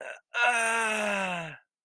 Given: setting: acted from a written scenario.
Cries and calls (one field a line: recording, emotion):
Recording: vocal sound without words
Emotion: pain